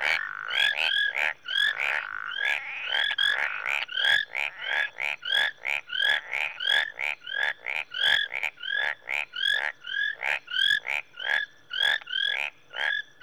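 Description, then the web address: Marsh and tree frogs chorusing, bright whistled two-note calls repeated in quick succession, layered with clicking, rasping croaks. Mixed chorus of marsh frogs and tree frogs, recorded in Rwanda, Africa. "BBC Sound Effects Library BBC 30-Africa - Natural World 08 Rwanda, Marsh And Tree Frogs"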